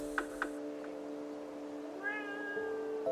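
cat meowing

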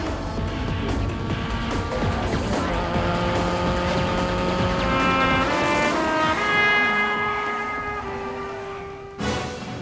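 car speeding away

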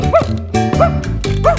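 small dog barking

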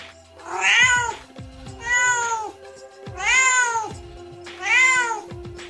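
kittens meowing

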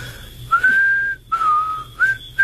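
person whistling

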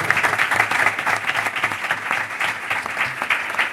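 audience applause

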